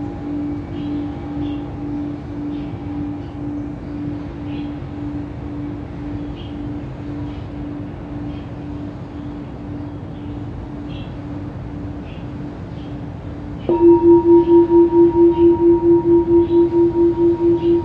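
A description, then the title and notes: A low, steady industrial hum drones outside a window, with a faint pulsing tone riding over it and soft ticks scattered through the upper range. Around fourteen seconds a louder ringing tone enters, throbbing in a slow regular waver until the end. I recorded Elka's tracks at her studio in Tsuen Wan. Her movements are very deliberate with a steady tempo. Her thicker, heavier bowls have a great weight and presence, complementing the fragile structure of her notes. There was some industrial noise outside her window.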